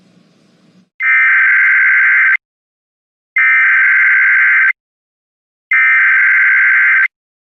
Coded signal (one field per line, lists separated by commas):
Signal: Emergency Alert System (SAME) tones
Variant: header bursts